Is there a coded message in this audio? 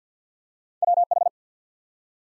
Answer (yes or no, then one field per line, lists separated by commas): yes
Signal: Morse code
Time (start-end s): 0.8-1.3 s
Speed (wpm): 48 wpm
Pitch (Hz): 700 Hz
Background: none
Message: WH